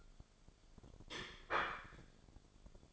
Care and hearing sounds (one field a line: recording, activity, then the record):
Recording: daily activity, microphone in the room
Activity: place plate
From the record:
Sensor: 5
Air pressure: 1004.4 hPa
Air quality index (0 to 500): 173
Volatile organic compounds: 4 ppm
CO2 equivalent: 1623 ppm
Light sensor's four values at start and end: 17/40/16/14 and 17/40/16/14